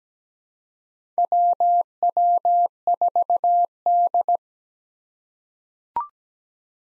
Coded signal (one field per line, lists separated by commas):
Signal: Morse code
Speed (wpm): 17 wpm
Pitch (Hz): 700 Hz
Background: none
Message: WW4D